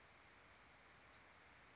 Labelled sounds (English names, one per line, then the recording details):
Western Flycatcher
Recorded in Sonoma County, California